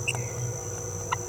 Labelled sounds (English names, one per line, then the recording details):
Green-rumped Parrotlet babbling
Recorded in a nest box in Venezuela
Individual 18B17A3